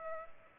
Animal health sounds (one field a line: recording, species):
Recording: mosquito wingbeat signal from an infrared sensor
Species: Culex pipiens